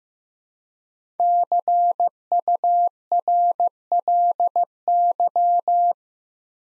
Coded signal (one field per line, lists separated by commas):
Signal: Morse code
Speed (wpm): 15 wpm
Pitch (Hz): 700 Hz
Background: none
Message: CURLY